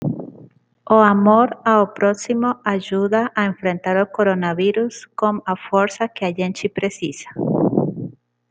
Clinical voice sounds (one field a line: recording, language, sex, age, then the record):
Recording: spoken sentence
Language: Brazilian Portuguese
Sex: female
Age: 30 to 39 years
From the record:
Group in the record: control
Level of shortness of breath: 0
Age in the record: 30 years